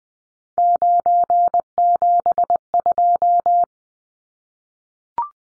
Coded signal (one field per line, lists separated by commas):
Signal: Morse code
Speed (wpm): 20 wpm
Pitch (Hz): 700 Hz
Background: none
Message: 972